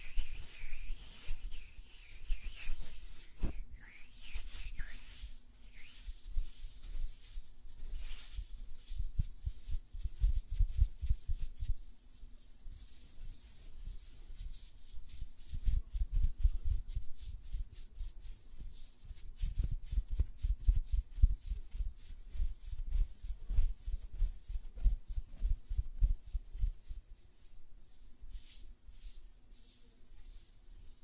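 Fingers flutter and tap on nails in quick, dense bursts of soft low thumps and rubbing, with a faint steady hiss underneath throughout.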